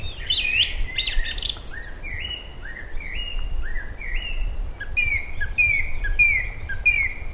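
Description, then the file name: Eurasian blackbird song: squeaky high notes, then a series of short whistled notes, ending with quicker whistles mixed with high squeaks, over a low hum. "Koltrast"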